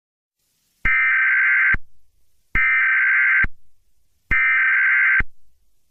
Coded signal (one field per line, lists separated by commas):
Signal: Emergency Alert System (SAME) tones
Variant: header bursts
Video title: EAS Scenario #15: Uncontrolled Spread